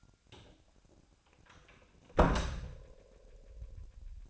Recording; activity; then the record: daily activity, microphone in the room; close door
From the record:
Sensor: 2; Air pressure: 1007.1 hPa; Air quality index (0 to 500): 189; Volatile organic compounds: 11 ppm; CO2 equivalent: 2320 ppm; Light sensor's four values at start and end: 10/24/10/10 and 10/23/10/10